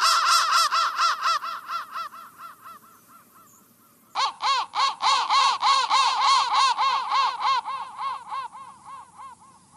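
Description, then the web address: Crow uttering fast sequences of rough caws, fading to near silence, then bursting into a loud new volley that gradually weakens. "soundfactory crow"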